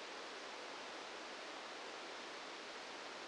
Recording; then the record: brain microelectrode recording played as sound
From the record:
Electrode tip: outside the subthalamic nucleus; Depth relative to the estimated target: -6 mm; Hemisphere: left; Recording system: NeuroSet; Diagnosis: Parkinson's disease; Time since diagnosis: 8 years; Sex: male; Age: 59 years